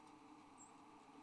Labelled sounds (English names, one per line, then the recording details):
White-throated Sparrow flight call
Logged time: 01:58 on 8 December 2014